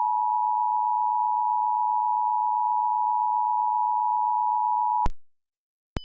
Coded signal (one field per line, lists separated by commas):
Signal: Emergency Alert System (SAME) tones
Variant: 853 and 960 Hz attention tone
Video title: PDS Tornado in Randolph, IN - EAS Mock